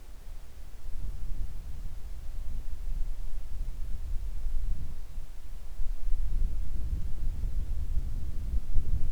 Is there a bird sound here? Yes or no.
no